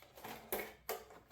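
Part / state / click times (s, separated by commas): plastic vent tab on a seedling greenhouse dome / seated / 0.5 s, 0.9 s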